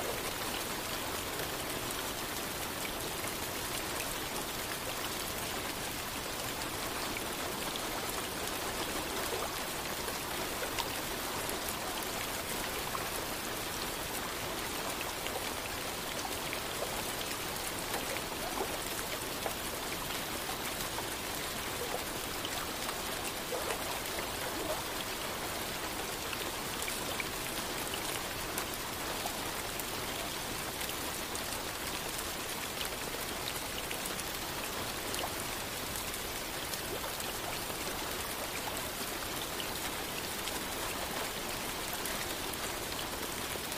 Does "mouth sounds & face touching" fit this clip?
no